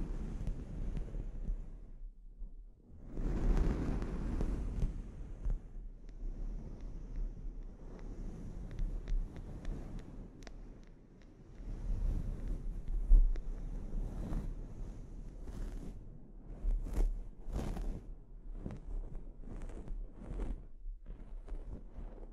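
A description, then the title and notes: Scalp treatment sounds come in uneven waves of scratchy, rustling friction, swelling loudest around 3 to 5 seconds and again near 13 seconds. After about 15 seconds, sharp clicks and snaps grow more frequent, over a steady low rumble throughout. ASMR Sleep Inducing Scalp Treatment (No Talking).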